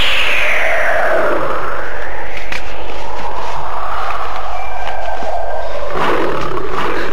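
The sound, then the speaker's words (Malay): A tiger called Belang, which has been troubling the village people, lets out a long, loud, rumbling roar that sweeps downward in pitch, followed by deep growling snarls, with no one speaking. “Apakah engkau hendak menakut-nakuti aku dengan suaramu itu?”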